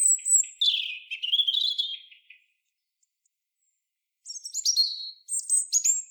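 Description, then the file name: European robin delivering a high liquid phrase sliding downward into a trill, a two-second silence, then further thin, fast, tinkling notes. "Erithacus rubecula"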